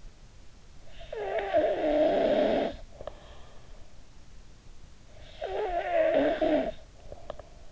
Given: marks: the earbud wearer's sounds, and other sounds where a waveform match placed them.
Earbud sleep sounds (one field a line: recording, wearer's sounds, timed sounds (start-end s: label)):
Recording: sounds in sleep by an in-ear microphone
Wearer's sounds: snoring breath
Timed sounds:
0.60-3.77 s: snoring breath
5.00-7.71 s: snoring breath